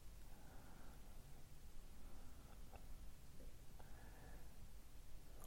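Stomach rumbling (borborygmi) from an adult's abdomen: low, gurgling sounds that started just as the recording began.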